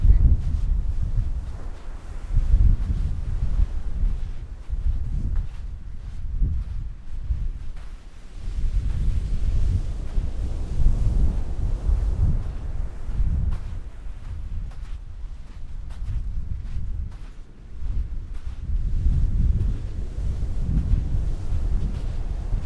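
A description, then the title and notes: Wind on a beach buffets the microphone in heavy, low rumbling gusts that swell and ease without stopping, with brief lulls around eight and seventeen seconds. A faint wash like surf sits underneath, and scattered soft clicks and crackles come through the whole time. Windy beach walk. It's autumn and the afternoon sun is low in the sky.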